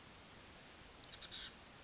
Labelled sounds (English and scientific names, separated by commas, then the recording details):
Oak Titmouse (Baeolophus inornatus)
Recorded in Sonoma County, California